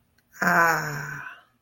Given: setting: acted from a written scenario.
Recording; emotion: vocal sound without words; contentment